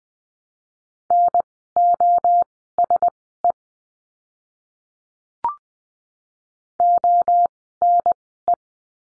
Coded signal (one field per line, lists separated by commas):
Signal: Morse code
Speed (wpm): 20 wpm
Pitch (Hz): 700 Hz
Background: none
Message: NOSE ONE